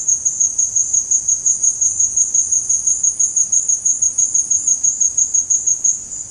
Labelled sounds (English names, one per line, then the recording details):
none
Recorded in dense forest near Puerto Asís, Putumayo, Colombia, on 23 June 2025 at 16:30
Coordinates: 0.486, -76.317
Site G065